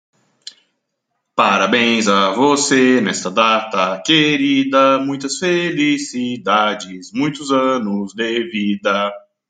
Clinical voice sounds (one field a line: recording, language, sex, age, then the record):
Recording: short text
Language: Brazilian Portuguese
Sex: male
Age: 30 to 39 years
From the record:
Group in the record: control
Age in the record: 36 years